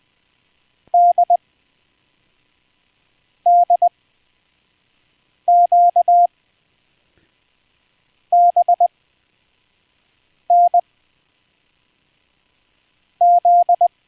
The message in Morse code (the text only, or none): DDQBNZ